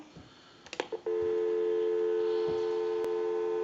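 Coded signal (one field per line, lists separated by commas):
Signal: telephone call progress tone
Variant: North America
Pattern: dial tone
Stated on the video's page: Call progress tone on a country line wood wall telephone during initial checkout and repair.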